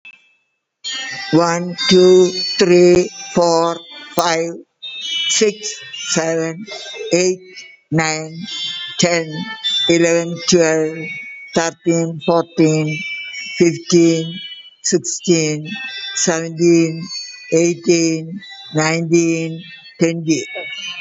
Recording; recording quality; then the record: counting at a normal pace; excellent, no background noise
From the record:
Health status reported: COVID-19 positive, mild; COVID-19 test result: positive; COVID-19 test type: RT-PCR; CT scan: not taken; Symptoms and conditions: cough, fatigue, hypertension, diabetes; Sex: female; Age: 78 years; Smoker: no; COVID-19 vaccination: one dose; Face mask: worn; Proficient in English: yes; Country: India